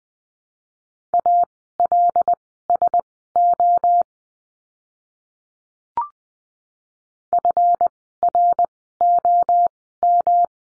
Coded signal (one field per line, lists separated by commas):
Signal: Morse code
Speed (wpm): 20 wpm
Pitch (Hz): 700 Hz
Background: none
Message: ALSO FROM